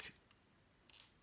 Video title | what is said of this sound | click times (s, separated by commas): Crystal Series Gear Lever Installation for BMW, Part 2. | should be good yeah you hear this lock snaps into position when when | 0.9 s